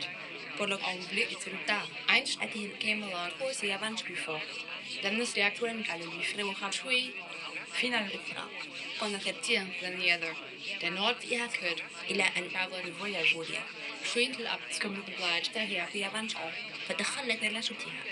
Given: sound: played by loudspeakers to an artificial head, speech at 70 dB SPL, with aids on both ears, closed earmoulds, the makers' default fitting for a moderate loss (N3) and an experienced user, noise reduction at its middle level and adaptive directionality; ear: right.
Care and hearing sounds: speech test signal (ISTS) in cocktail-party noise; +6 dB; in front (0 degrees)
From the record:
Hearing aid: class 2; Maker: I

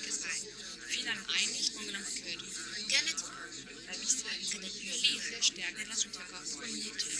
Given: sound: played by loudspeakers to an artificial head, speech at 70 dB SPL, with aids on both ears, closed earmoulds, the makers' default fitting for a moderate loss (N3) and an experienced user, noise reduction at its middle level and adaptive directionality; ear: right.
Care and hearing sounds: speech test signal (ISTS) in cocktail-party noise; -6 dB; on the right (90 degrees)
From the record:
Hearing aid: class 1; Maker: H

